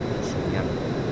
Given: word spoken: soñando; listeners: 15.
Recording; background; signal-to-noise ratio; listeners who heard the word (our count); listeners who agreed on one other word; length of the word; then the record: one Spanish word in noise, from a listening test; speech-shaped noise; -6.3 dB; 0 of 15; 8 of 15; 0.72 s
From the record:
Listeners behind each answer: 8, 4, 3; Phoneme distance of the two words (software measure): 10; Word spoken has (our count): 3 syllables, 7 phonemes, stress on syllable 2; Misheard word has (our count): 3 syllables, 7 phonemes, stress on syllable 2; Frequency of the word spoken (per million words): 5.94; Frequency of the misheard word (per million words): 2.51